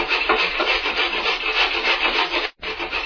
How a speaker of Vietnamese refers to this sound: Rồi anh lấy con dao, bắt đầu khoét một cái lỗ trên nắp hòm. Tiếng dao khoét vào gỗ, phát lên thành tiếng.